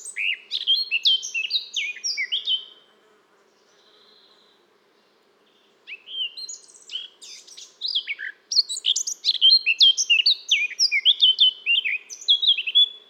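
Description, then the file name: Eurasian blackcap singing a fast scratchy warble, breaking off after about three seconds, a quiet gap, then resuming with a longer, louder stream of varied notes. "Sylvia atricapilla"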